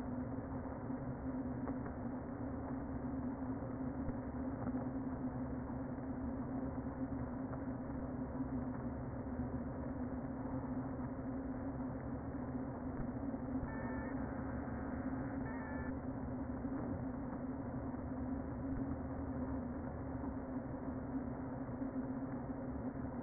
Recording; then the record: honeybee colony, microphone inside the hive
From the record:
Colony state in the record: queen present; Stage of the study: before two queens were removed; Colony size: about 60,000 bees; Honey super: yes